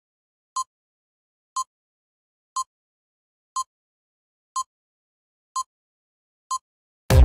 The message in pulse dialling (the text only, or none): none